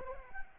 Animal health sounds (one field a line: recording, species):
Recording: mosquito wingbeat signal from an infrared sensor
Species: Anopheles arabiensis